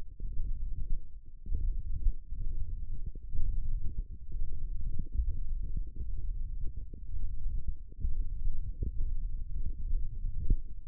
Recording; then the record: forearm muscle sounds (acoustic myography)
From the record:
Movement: finger pinch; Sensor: system 1, eight BSWA MPA416 microphones around the upper forearm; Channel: 6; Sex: male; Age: 21 years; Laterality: right